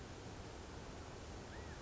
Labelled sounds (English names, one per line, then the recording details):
California Quail
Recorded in Sonoma County, California